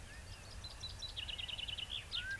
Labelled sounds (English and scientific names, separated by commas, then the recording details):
Common Chaffinch (Fringilla coelebs)
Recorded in Germany
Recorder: ecoPi